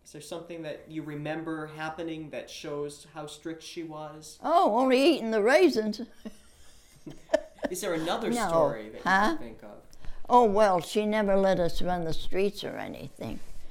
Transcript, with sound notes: Is there something that you remember happening that shows how strict she was?
Oh, only eating the raisins. (Laughs)
Is there another story that you can think of?
No. Huh? Oh, well, she never let us run the streets or anything.